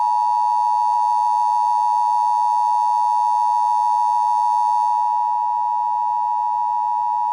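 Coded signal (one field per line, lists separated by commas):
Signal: Emergency Alert System (SAME) tones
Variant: 853 and 960 Hz attention tone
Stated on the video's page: Simulated EAS scenario.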